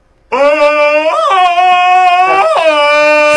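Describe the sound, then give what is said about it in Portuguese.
A person lets out a loud, sustained Tarzan yell in a contest to see who can do the best one. The voice breaks sharply between low and high pitch twice in a yodeling pattern, and the cry holds for about three seconds. “Vamos ver quem faz aqui rapidinho o melhor grito do Tarzan.”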